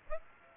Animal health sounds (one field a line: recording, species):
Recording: mosquito wingbeat signal from an infrared sensor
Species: Aedes aegypti